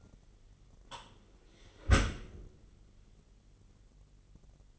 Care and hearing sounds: daily activity, microphone in the room; close dishwasher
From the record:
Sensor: 4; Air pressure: 999.1 hPa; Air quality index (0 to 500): 121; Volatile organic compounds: 2 ppm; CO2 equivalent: 1194 ppm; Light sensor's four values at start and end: 8/18/7/8 and 7/18/7/8

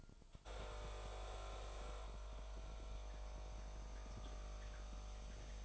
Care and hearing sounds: daily activity, microphone in the room; make coffee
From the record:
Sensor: 5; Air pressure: 1002.1 hPa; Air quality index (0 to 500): 217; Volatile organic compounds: 24 ppm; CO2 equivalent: 2822 ppm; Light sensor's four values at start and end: 10/23/9/10 and 10/23/9/10

